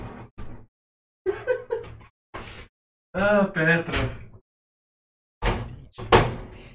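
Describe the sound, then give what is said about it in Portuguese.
A window is opened to let a cat in, with a couple of heavy clunks and a scraping rattle, following short bursts of a person talking and murmuring. “Eu preciso deixar a gata entrar. E dessa vez a gata não tá entrando pela porta. Ela tá entrando pela janela.”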